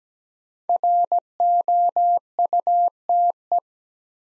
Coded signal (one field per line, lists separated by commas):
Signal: Morse code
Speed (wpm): 17 wpm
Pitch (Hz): 700 Hz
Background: none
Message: ROUTE